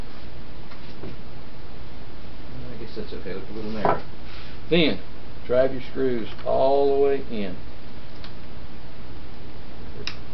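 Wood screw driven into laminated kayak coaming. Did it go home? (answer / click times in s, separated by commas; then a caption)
yes / 10.1 s. A wood screw is driven all the way into a laminated wooden screw-together kayak coaming while someone talks. A sharp click is heard at 10.1 s as the drill clutch releases, confirming that the screw has bottomed out and seated at torque.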